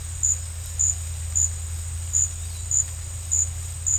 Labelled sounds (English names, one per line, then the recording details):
none
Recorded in secondary vegetation near Puerto Asís, Putumayo, Colombia, on 20 December 2024 at 15:00
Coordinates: 0.499, -76.323
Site G010